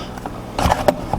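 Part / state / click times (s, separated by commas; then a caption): holster locking fork into receiver plate / not seated / none. A Safariland QLS (Quick Locking System) holster locking fork is handled against a QLS 22 receiver plate mounted on a belt loop adapter, where it is meant to be pushed in until it locks. Brief plastic-like handling knocks occur near 0.3, 0.7, 0.9 and 1.1 seconds over a low background. Nothing has seated or clicked yet.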